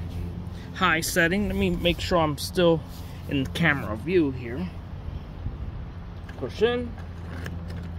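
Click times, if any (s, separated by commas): 7.5 s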